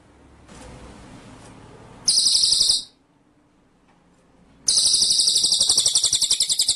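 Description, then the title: White-rumped shama song in two loud bursts of very high, rapid trilled notes separated by a short silence, with a faint low hum beneath. Masteran (training) track for murai batu, in full rolling and shooting song style (ngerol nembak). "Masteran Murai Batu Full Ngerol Nembak"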